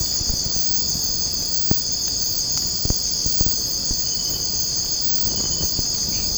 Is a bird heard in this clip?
no